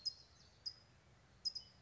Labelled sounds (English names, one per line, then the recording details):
California Towhee
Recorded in Sonoma County, California